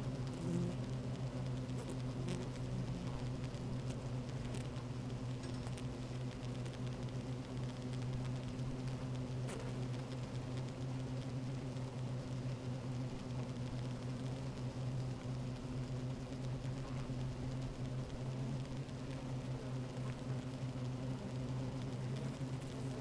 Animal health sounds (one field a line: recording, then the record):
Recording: honeybee colony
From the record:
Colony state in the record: active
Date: 28 July 2017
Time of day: 12:11